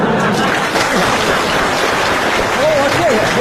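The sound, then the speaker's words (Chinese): An audience at a crosstalk comedy performance applauds steadily for a few seconds, a dense, even patter of many hands clapping, with a faint voice or whistle rising over it near the end. “你是不是嫌大伙掌声不热烈呀”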